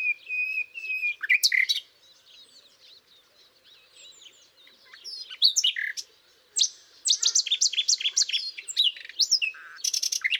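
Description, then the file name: Common nightingale song opening with a steady whistled note, then scattered soft notes and a loud later phrase of rapid repeated chirps and rattles. "Luscinia megarhynchos"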